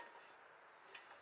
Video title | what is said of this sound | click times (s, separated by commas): Démontage canon fusil a pompe et nettoyage (Taurus ST12) | Voilà, tac, vous avez entendu le petit clic. | 1.0 s